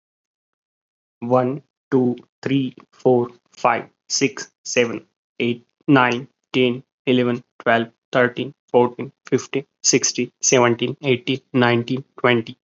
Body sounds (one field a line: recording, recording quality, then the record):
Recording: counting at a normal pace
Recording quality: excellent, no background noise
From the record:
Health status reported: respiratory illness, not identified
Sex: male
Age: 27 years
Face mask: not worn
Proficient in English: no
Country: India